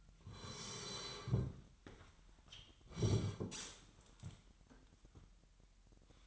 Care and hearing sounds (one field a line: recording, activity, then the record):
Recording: daily activity, microphone in the room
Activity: sit down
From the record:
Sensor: 3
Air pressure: 998.6 hPa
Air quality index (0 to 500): 127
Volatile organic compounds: 3 ppm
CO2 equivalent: 1516 ppm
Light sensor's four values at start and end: 8/19/8/9 and 8/18/7/8